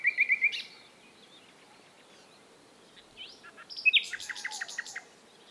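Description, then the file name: Common nightingale song opening with four rapid whistled notes, followed after a pause by a rising slur and a fast, scratchy high trill. "Luscinia megarhynchos"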